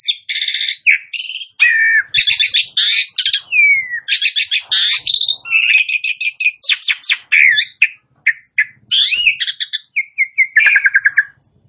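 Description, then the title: Asian pied starling singing a long, almost continuous medley of chattering trills, squeaks and sliding whistles, rich and varied throughout. Starts singing in less than a minute. "Belum Satu Menit Jalak Suren Langsung Bunyi"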